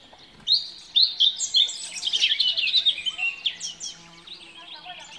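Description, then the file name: Eurasian blackcap warbling song, a rapid run of varied high chirps and twittering notes starting after half a second and fading out toward the end. "Sylvia atricapilla"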